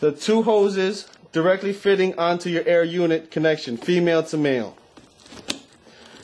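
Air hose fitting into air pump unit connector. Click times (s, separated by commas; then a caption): 5.5 s. Someone talks while two air hoses from a Plexus 2500 mattress overlay are pushed firmly, female-to-male, onto the air unit connection. After the talk, faint handling noises follow, then a sharp snap at 5.5 s as the hose coupling locks into place.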